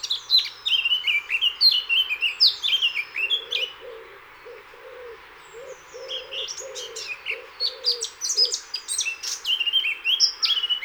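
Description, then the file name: Eurasian blackcap song, bursts of quick falling high notes before and after a lull, with a soft low pulsing sound in the middle. "Sylvia atricapilla"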